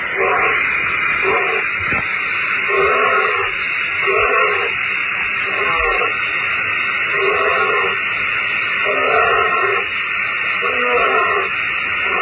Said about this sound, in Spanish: Este es el sonido que nos entrega la televisión australiana sobre ese presunto tigre marsupial.